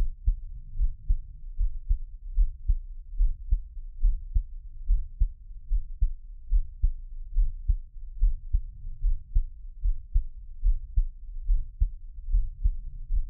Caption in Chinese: 獻上我的心跳 | Give my Heartbeat | NO Talking。